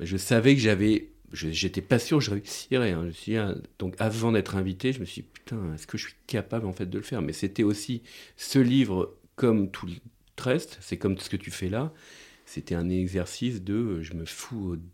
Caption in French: Producteur dans l’audiovisuel et auteur de livre, père de 2 enfants il bégaie depuis son plus jeune âge.